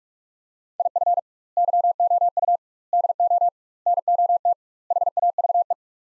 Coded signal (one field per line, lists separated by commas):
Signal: Morse code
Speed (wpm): 43 wpm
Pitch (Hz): 700 Hz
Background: none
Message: IF YOU DO NOT HAVE